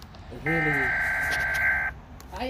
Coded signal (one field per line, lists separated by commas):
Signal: Emergency Alert System (SAME) tones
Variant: header bursts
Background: speech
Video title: EAS 69 - 72: My dad hates weather radios